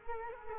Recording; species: mosquito wingbeat signal from an infrared sensor; Culex quinquefasciatus